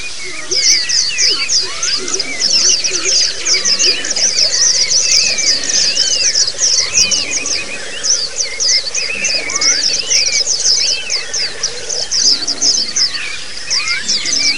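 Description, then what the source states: White-eyes singing together, a continuous busy wash of thin, high twitters overlaid by occasional rising and falling whistled notes. Several white-eyes singing together in the ombyokan chorus style; the recording is meant as a therapy and training sound (masteran) for birds.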